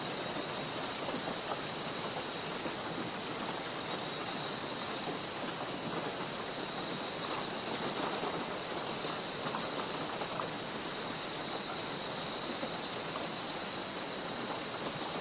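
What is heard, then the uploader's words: Rain falls steadily on a roof in a jungle, a dense, even patter of countless drops with no letup across the whole stretch. A thin, constant high tone, likely insects, runs underneath the rain throughout. Rain On Roof Sounds Costa Rica Jungle.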